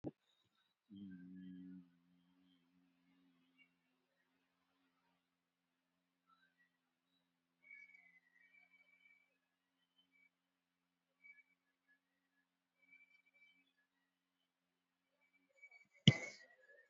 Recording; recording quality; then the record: sustained vowel as in beet; poor, much background noise or distortion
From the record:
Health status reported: COVID-19 positive, moderate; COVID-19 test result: positive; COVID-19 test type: RT-PCR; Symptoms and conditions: cold, sore throat, loss of smell and taste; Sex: male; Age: 45 years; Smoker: yes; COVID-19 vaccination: one dose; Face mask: worn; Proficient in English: yes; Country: India